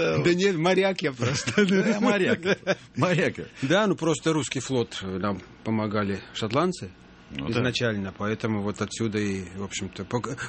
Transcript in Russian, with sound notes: «Да нет, моряк я просто». (все смеются) Да. Ну просто русский флот нам помогали шотландцы изначально, поэтому отсюда в общем-то...